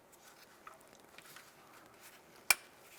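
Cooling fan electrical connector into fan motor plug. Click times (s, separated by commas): 2.5 s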